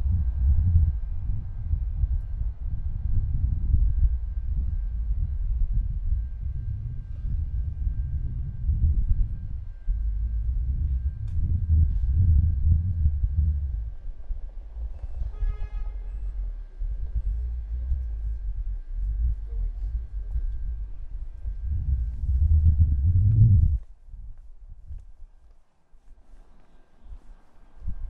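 A walk through Prague streets, dominated by a low, rumbling murmur that swells and eases, likely passing traffic and footsteps. A brief ringing tone sounds around fifteen seconds, and faint voices hover underneath. Near twenty-four seconds the rumble drops away into quiet.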